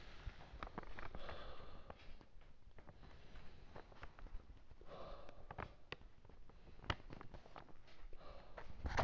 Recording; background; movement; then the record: deep breathing; quiet; sitting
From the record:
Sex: male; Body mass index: 23.7 kg/m2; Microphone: on the chest, facing outward